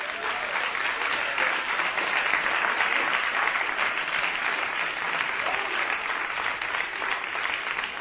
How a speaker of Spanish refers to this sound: Denle un aplauso a esa hermana.